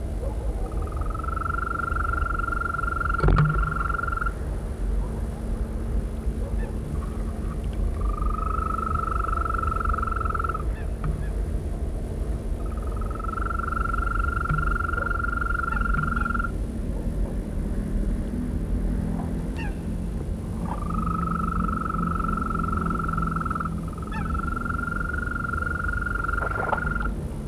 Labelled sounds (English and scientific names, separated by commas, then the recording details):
Green Toad (Bufo viridis) call
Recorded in the wild
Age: adult
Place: Berlin, OT Blankenfelde, Berlin, DE
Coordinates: 52.6261, 13.3917
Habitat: pond
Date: 1962-06-09 22:30
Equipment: Minifon, Kopie Smaragd
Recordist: Tembrock, Günter